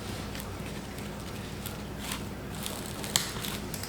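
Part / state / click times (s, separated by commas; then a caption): torque wrench on a bolt of an AC fitting / torque reached / 3.2 s. A torque wrench tightens the second bolt, diagonally across, on an AC fitting until it reaches its setting. Over a low steady hum, a few faint ticks lead up to one sharp click at 3.2 s, and the wrench is confirmed as clicking at its setting.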